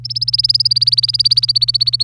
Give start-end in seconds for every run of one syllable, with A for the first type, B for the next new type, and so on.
0.04-2.03 A